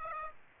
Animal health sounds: mosquito wingbeat signal from an infrared sensor; Aedes aegypti

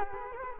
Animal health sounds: mosquito wingbeat signal from an infrared sensor; Culex quinquefasciatus

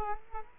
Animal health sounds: mosquito wingbeat signal from an infrared sensor; Culex quinquefasciatus

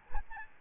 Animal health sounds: mosquito wingbeat signal from an infrared sensor; Aedes albopictus

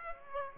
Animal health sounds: mosquito wingbeat signal from an infrared sensor; Aedes aegypti

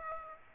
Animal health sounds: mosquito wingbeat signal from an infrared sensor; Aedes aegypti

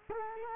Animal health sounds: mosquito wingbeat signal from an infrared sensor; Culex quinquefasciatus

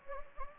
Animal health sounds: mosquito wingbeat signal from an infrared sensor; Anopheles gambiae

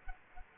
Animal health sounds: mosquito wingbeat signal from an infrared sensor; Culex quinquefasciatus

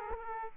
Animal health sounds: mosquito wingbeat signal from an infrared sensor; Aedes aegypti

